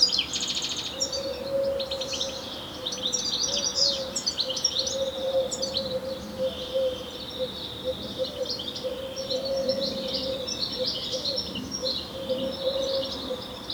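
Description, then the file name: European Goldfinch twittering, loudest at the start, then softer chirps continue over a steady low hum. "Carduelis carduelis"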